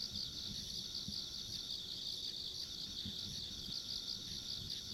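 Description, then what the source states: Insect: a short stretch of steady, pulsing high insect chirring over a low background rumble. Ambient insect sounds along a rural country road.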